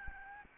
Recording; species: mosquito wingbeat signal from an infrared sensor; Aedes albopictus